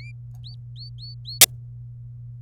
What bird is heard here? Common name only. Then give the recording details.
Domestic Canary. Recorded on 26 April 2018 at 15:44. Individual llb3